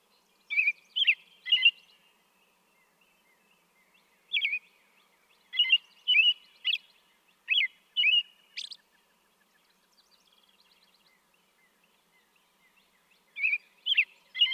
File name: American Robin